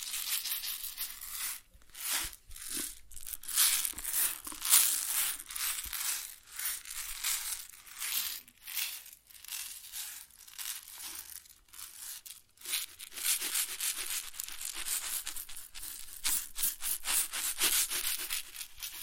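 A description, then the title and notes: Grain being handled, a steady granular rustling and crunching that runs the whole time with bright, hissy detail and little low end. The texture rises and falls in quick swells, with brief gaps near 2, 9 and 12.5 seconds. ASMR Grain Sounds (No Talking).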